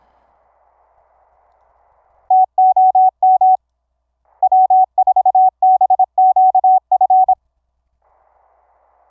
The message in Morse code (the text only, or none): TOM W4BQF